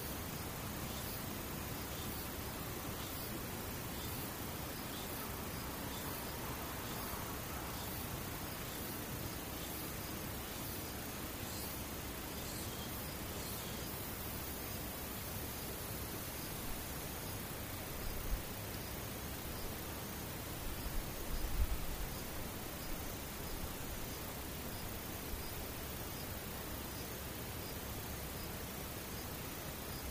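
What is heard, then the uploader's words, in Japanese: Near-silence with distant insects: a steady, soft hiss fills the background while faint, high chirps tick at a regular pace, clearest in the first half. A couple of brief low bumps break the calm around 18 and 22 seconds. 無音遠くにムシ。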